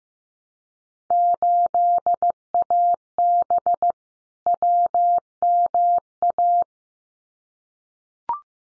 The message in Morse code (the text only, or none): 8AB WMA